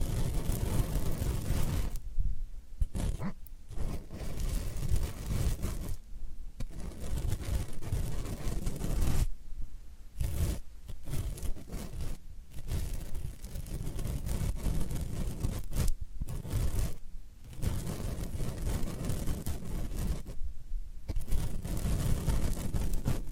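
Floral foam being crushed and squeezed, giving a dense crackling, crunching texture with a strong low rumble underneath. The sound comes in bursts separated by brief quiet pauses around every few seconds, near 2, 6, 10, 16 and 21 seconds.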